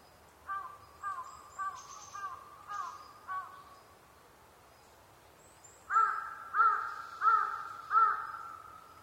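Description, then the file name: Large-billed crow cawing: a softer run of six caws, a pause, then four louder harsh caws in quick succession, with faint high bird notes above. Recorded 23 October 2010 at 05:42. "hasibutogarasu-20101023-0542"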